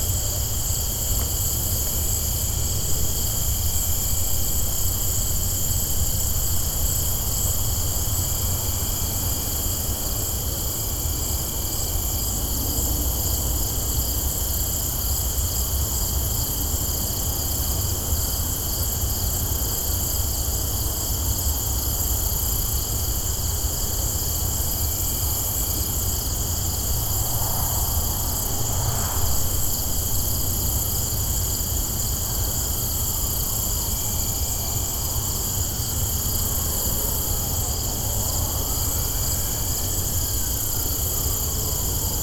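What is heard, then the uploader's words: Insects buzz busily at night, a dense, unbroken chorus of high, bright trilling layered in several bands that holds steady throughout. Underneath runs a low, constant rumble, and faint rising and falling whines pass, most noticeably in the final third. Busy Insects at Night Near The Bridge.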